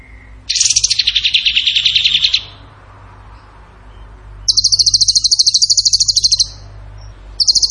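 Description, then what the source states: Bird song: a harsh, rapid rattling burst, then a steady high buzzy trill of quickly repeated notes, and a fresh burst starting at the end. Masteran training recording of bird song in tembakan gacor style.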